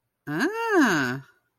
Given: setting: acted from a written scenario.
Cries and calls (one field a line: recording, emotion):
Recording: vocal sound without words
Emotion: realization